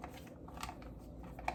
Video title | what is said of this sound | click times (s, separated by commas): Breakfast Freezer kit | like so and i heard it snap | 1.5 s